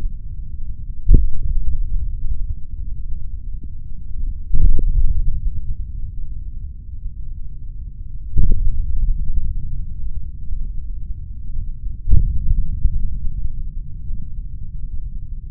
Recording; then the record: forearm muscle sounds (acoustic myography)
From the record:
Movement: tripod grip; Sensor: system 3, bracelet of six PUI Audio POM-2738L microphones around the upper forearm, with dedicated amplification and filtering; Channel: 1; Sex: male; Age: 26 years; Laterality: right